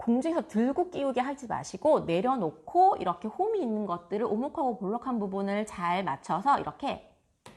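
A plastic polygon construction piece is being lined up on a table to fit into another piece's edge joint, matching their convex and concave edges so they snap together. Someone talks throughout, and a brief sharp sound comes at 7.5 s after the talking stops. Nothing has seated or clicked yet.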